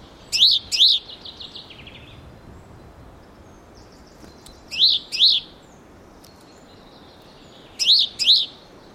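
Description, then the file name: Great tit giving paired high, clipped chirps, the first pair trailing into a softer series of notes, then two more pairs after pauses. "Parus major"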